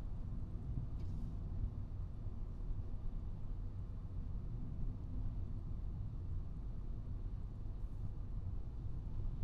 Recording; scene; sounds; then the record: everyday scene through a hearing-aid microphone; in a vehicle; engine, traffic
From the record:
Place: Skoda Fabia, gasoline engine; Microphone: in the ear canal, right